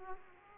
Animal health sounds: mosquito wingbeat signal from an infrared sensor; Aedes aegypti

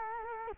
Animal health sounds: mosquito wingbeat signal from an infrared sensor; Culex quinquefasciatus

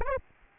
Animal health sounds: mosquito wingbeat signal from an infrared sensor; Aedes albopictus

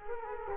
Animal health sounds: mosquito wingbeat signal from an infrared sensor; Culex quinquefasciatus

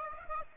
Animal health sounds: mosquito wingbeat signal from an infrared sensor; Aedes aegypti

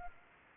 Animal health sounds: mosquito wingbeat signal from an infrared sensor; Anopheles arabiensis

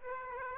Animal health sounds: mosquito wingbeat signal from an infrared sensor; Aedes aegypti

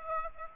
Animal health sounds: mosquito wingbeat signal from an infrared sensor; Aedes aegypti

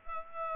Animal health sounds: mosquito wingbeat signal from an infrared sensor; Culex pipiens

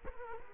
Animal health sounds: mosquito wingbeat signal from an infrared sensor; Culex quinquefasciatus

